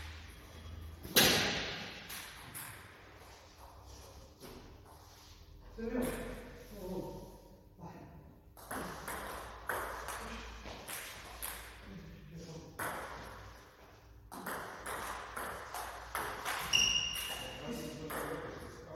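A friendly table tennis match in a hall, with scattered sharp clicks and knocks of the ball and paddles, including a loud hit near the start and another around seventeen seconds. Murmured voices and shuffling fill the gaps over a low steady hum.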